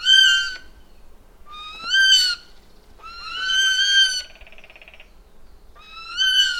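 Eurasian jay giving four drawn-out, mewing calls that rise and then level off, each lasting around half a second to a second, in a quiet setting.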